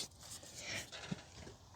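A plastic wiring harness connector is pushed onto the ignition coil of a 2015 Toyota Sienna AWD with the 3.5 V6 2GR-FE engine. Soft handling and scraping sounds are heard, with one faint, short hit. The clip ends before the connector goes home, so nothing has seated or clicked yet.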